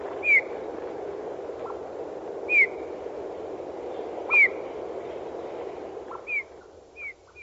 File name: Snegir - Pyrrhula pyrrhula